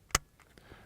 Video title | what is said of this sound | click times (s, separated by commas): The FG-15...Revolutionizing Rapid Fire! FULL REVIEW | but once you pull this out even further you're going to hear a click | 0.1 s